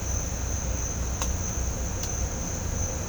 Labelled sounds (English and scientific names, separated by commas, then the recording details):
none
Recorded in pastures near Puerto Asís, Putumayo, Colombia, on 18 December 2024 at 07:00
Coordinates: 0.502, -76.324
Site G077